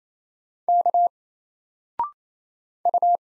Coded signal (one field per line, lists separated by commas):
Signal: Morse code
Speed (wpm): 28 wpm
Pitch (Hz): 700 Hz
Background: none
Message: K U